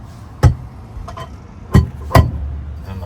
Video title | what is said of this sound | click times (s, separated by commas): How To: Supertramp 11. Bunk Bed | and then the bed just clicks back into those two rubber bushings and | 2.2 s